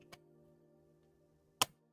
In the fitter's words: Oh, yeah, I like that. It just, like, locks in really nicely.